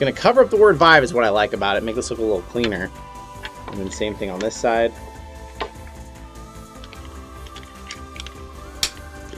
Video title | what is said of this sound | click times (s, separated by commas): FRANKENQuest 2 - Deluxe Audio Strap Mod - BUSINESS COMPANY VR, Install | Push in, snaps into place. | 8.8 s